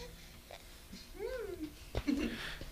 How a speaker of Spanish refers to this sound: Ajá, anda el lenguaje de los bebés que están ahí ahorita. Ponle el micrófono al pequeño Hobbit. Es un pequeño Hobbit, mira.